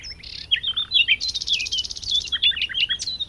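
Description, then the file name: Common nightingale song with a harsh buzzy rattle, rich varied whistles and short clipped notes in quick succession. "Luscinia megarhynchos"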